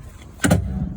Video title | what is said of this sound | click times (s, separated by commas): 2015 Elddis Avante 576 Handover | until you hear that clunk. That clunk means that you | 0.4 s